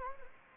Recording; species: mosquito wingbeat signal from an infrared sensor; Anopheles gambiae